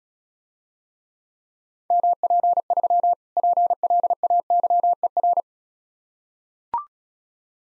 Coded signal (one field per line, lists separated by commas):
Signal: Morse code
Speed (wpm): 36 wpm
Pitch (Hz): 700 Hz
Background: none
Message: MP3 PLAYER